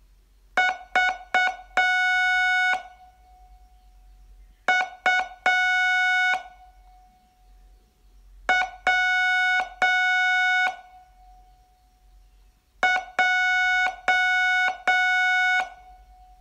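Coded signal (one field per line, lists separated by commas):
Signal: Morse code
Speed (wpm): 7 wpm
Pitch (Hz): 1470 Hz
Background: music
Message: VUW J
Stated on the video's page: Morse code training lesson, day 14 of a 42-day course.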